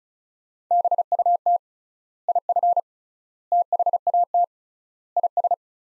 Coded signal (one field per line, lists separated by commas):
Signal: Morse code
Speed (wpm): 36 wpm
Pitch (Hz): 700 Hz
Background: none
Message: BUT IF THAT IS